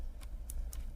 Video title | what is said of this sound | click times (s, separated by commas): Oneleaf NV200 Night vision Binoculars Review | snaps right in place you got a rubber guard mount you just snap that back in place to | 0.5 s